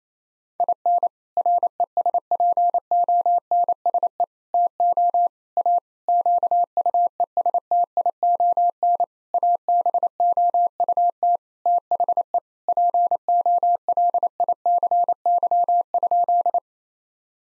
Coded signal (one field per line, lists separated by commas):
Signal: Morse code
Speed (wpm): 28 wpm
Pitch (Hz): 700 Hz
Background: none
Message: IN RESPONSE TO A QUESTION ABOUT THE POLICY?